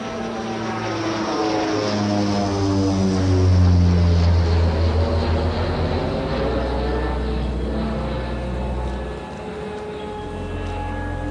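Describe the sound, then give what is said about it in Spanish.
A propeller airplane drones steadily overhead, its buzzing engine tones sliding slowly in pitch as the sound swells in the middle, dips briefly, then returns. No voices. “Desde niño, desde siempre he pensado que los aviones son como aves, que llevan en su vientre a otras aves.”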